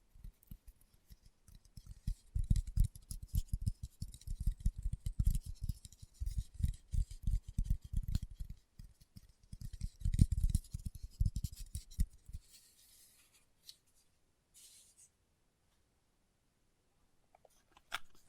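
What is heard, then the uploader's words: Fingertips tap rapidly and unevenly on a surface, a dense flurry of soft low thuds with light clicky edges for the first twelve seconds or so. After that the tapping stops, leaving near silence broken by a few faint scrapes and a brief click at the end. ASMR Tapping with Fingertips (No Talking).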